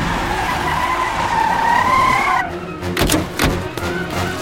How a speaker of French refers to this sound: Une heure plus tard, cette voiture de la Stasi débarque devant la maison des Strelzik.